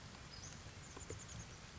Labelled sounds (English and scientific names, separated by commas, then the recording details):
Western Flycatcher (Empidonax difficilis)
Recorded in Sonoma County, California